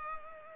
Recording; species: mosquito wingbeat signal from an infrared sensor; Culex pipiens